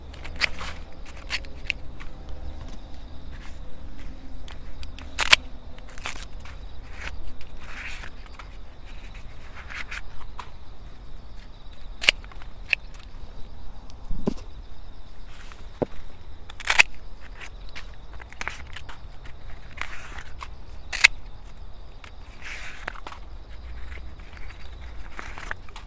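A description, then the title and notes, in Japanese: Autumn insects keep up a thin, steady high chirring outdoors while someone husks freshly harvested corn. Sharp rips, crackles and snips come every second or so, with louder tears near 5, 12, 17 and 21 seconds, over a low outdoor rumble. 午前中 秋虫の声とモチモロコシ収穫。ガサゴソわけ入り、モチモロコシ収穫(前半ちょっとマイクの線の調子が悪目ですが)。2mほどの背丈のもろこし畑に入り、実り具合を確かめ、もぎ取っていきます。ある程度集まったら外の部分の皮を剥いで、ハサミで整えます。秋虫の鳴き声が心地よい。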